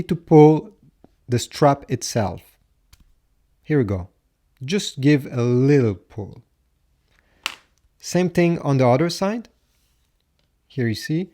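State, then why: Released. Someone talks while a watch band is given a little pull to release it from the slot in the body of a Fitbit Charge 5 fitness tracker. A single sharp snap is heard at 7.5 s as the band unclips from the tracker.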